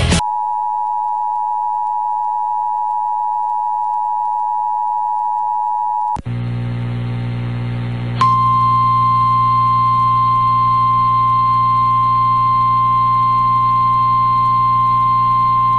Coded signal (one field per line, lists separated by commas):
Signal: Emergency Alert System (SAME) tones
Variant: 853 and 960 Hz attention tone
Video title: EAS Timeline December Midwest Derecho Rips Through Siouxland (Sioux City, IA) NOAA Weather Radio